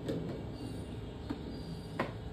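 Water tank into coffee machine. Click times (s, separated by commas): 2.0 s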